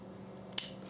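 The steel thumb safety lever on a Rock Island Armory GI 1911 pistol is worked and snaps into its detent in the frame with a single sharp, crisp click at 0.6 s, crisper than on another pistol. The rest of the clip is only a faint, steady background hum. The thumb safety is seated in position.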